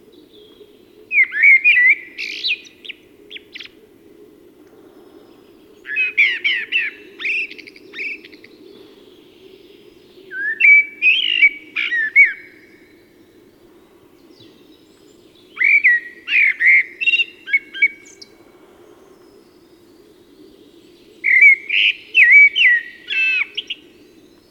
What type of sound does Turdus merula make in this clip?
song